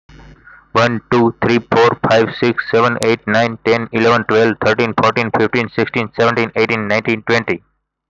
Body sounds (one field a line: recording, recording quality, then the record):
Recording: counting at a fast pace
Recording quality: moderate, slight background noise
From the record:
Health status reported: healthy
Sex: male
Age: 28 years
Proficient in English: yes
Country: India